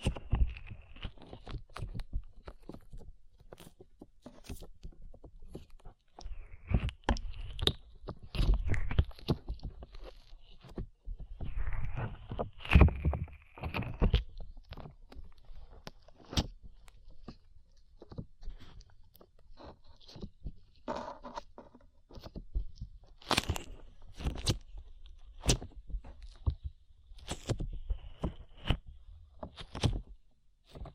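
Slime being squished and worked in the hands, with wet sticky clicks, pops and squelches arriving irregularly throughout. Denser, heavier squishing bunches up around 7–9 and 11–14 seconds, and sharp bright crackles punctuate the quieter second half.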